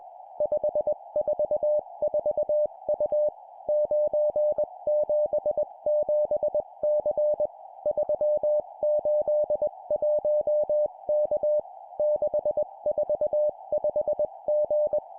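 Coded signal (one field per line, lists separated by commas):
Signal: Morse code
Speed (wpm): 21 wpm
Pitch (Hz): 600 Hz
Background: music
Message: 544U 977C 381K 645G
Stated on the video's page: Morse code course drill at 20 wpm of four-character groups: three numbers then a letter.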